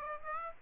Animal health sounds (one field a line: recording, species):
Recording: mosquito wingbeat signal from an infrared sensor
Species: Aedes aegypti